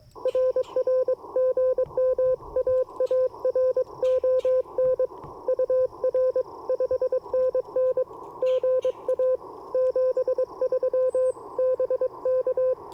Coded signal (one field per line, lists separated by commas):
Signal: Morse code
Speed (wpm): 22 wpm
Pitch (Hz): 510 Hz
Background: none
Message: RR GM AARON UR 5NN GA 73 BK